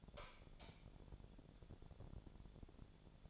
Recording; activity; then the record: daily activity, microphone in the room; light on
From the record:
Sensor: 5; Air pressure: 1000.2 hPa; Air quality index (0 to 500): 104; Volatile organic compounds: 1 ppm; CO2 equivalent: 843 ppm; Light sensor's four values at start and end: 215/508/218/241 and 218/517/222/245